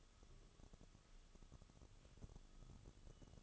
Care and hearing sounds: daily activity, microphone in the room; take from stove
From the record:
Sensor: 4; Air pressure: 1008.8 hPa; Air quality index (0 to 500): 120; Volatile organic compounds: 1 ppm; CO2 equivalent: 882 ppm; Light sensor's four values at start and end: 10/23/9/9 and 10/23/9/8

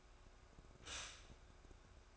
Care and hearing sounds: daily activity, microphone in the room; stop toaster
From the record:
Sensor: 2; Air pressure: 1004.0 hPa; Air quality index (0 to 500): 193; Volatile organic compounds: 11 ppm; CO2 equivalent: 2314 ppm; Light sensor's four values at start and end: 4/10/4/4 and 4/10/4/4

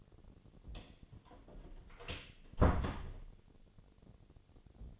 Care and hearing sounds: daily activity, microphone in the room; close door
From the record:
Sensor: 4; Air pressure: 1008.2 hPa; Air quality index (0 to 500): 180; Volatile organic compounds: 5 ppm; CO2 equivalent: 1803 ppm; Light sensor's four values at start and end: 23/73/28/27 and 25/79/30/29

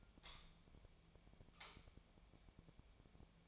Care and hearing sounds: daily activity, microphone in the room; light on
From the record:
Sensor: 1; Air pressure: 1009.8 hPa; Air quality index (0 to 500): 189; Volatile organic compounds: 17 ppm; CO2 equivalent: 2596 ppm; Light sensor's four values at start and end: 36/91/38/46 and 46/133/55/62

